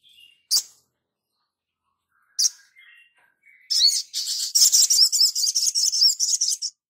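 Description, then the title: Spiderhunter song: a few high chips and soft notes, then a rapid buzzy trill of repeated high notes. Labaik variant, from a masteran (cage-bird training) recording. "Sogok Ontong Labaik"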